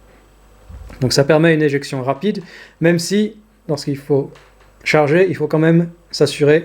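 A rimless 9mm cartridge is being handled at the 9mm cylinder of a Manurhin MR73 revolver, where it is meant to be held by a retaining clip. Someone talks throughout, and the cartridge has not yet seated or clicked into the clip.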